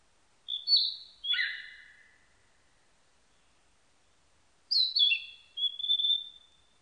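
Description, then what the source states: Narcissus flycatcher gives a falling whistled phrase, then after a long pause a second high phrase ending in a level whistle; nothing else audible. Recorded 21 May 1999.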